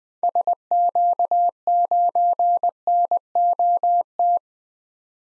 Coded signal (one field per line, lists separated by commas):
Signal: Morse code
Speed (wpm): 20 wpm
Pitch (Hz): 700 Hz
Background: none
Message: SQ9NOT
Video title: 2023 SOTA Activator Call Signs - 20wpm